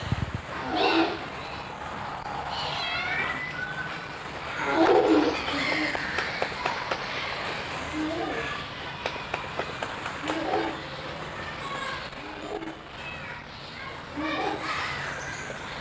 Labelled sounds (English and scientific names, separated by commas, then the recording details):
Walrus (Odobenus rosmarus) call
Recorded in captivity
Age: juvenile
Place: Tierpark Carl Hagenbeck, Hamburg, DE
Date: 1986-09-12 13:03
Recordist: Tembrock, Günter